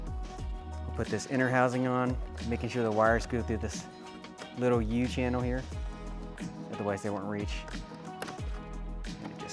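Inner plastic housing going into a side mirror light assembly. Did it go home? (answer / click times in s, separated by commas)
yes / 8.2 s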